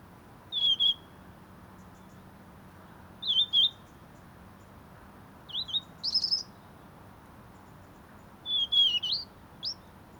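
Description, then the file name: European robin song: four short, high, sweet phrases of wavering whistles and trills, a few seconds apart, against a faint steady hiss. "Erithacus rubecula"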